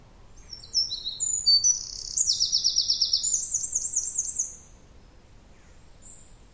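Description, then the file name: Eurasian wren singing a rapid, high-pitched run of piercing notes that breaks into dense rattling trills, then stops, followed by a short faint note near the end. "Troglodytes troglodytes"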